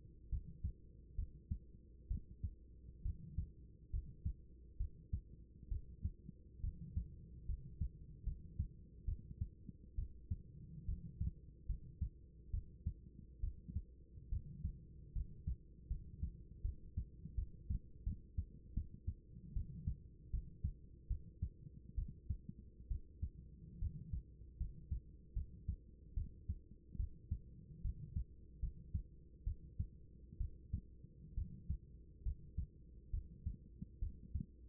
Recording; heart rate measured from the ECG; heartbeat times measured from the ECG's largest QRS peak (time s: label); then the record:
heart sounds by stethoscope; 71 bpm
0.29 s: heartbeat
1.15 s: heartbeat
2.07 s: heartbeat
3.02 s: heartbeat
3.90 s: heartbeat
4.77 s: heartbeat
5.68 s: heartbeat
6.60 s: heartbeat
7.45 s: heartbeat
8.23 s: heartbeat
9.05 s: heartbeat
9.95 s: heartbeat
10.85 s: heartbeat
11.66 s: heartbeat
12.50 s: heartbeat
13.40 s: heartbeat
14.29 s: heartbeat
15.12 s: heartbeat
15.87 s: heartbeat
16.61 s: heartbeat
17.35 s: heartbeat
18.03 s: heartbeat
18.73 s: heartbeat
19.53 s: heartbeat
20.30 s: heartbeat
21.07 s: heartbeat
21.95 s: heartbeat
22.88 s: heartbeat
23.79 s: heartbeat
24.57 s: heartbeat
25.33 s: heartbeat
26.14 s: heartbeat
26.96 s: heartbeat
27.81 s: heartbeat
28.59 s: heartbeat
29.44 s: heartbeat
30.37 s: heartbeat
31.34 s: heartbeat
32.22 s: heartbeat
33.10 s: heartbeat
33.99 s: heartbeat
From the record:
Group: healthy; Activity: rest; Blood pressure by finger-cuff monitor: 117/76 mmHg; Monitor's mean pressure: 93 mmHg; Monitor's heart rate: 70 bpm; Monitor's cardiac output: 5.9 L/min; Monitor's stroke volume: 81 mL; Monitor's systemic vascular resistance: 1150 dyn s/cm5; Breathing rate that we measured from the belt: 16 breaths a minute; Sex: female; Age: 24 years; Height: 163 cm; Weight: 55.7 kg